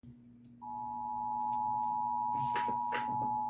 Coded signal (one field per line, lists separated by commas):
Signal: Emergency Alert System (SAME) tones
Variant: 853 and 960 Hz attention tone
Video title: Emergency Alert System Flash Flood warning (June 9th, 2022)